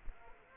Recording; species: mosquito wingbeat signal from an infrared sensor; Aedes aegypti